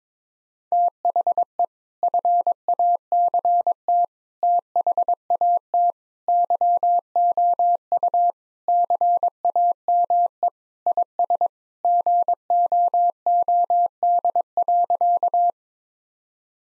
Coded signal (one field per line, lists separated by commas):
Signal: Morse code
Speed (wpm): 21 wpm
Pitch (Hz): 700 Hz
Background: none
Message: THE FACT THAT YOU CAME IS GOOD.